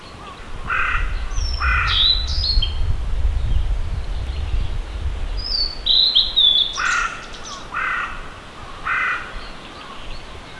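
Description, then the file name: Blue-and-white flycatcher song: high, clear whistled phrases with sliding notes, alongside repeated harsh calls and a low background rumble. "ooruri"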